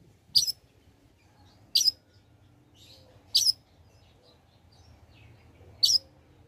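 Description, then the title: Long-tailed shrike giving four sharp, high chirps separated by pauses, over a faint low hum. Lively, actively singing (gacor) bird, recording suited for use as a tutor (masteran) for training other birds. "Cendet Gacor Cocok Untuk Masteran"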